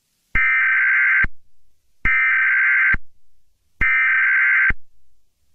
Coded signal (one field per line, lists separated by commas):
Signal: Emergency Alert System (SAME) tones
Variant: header bursts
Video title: EAS Mock: My Own EAS Alert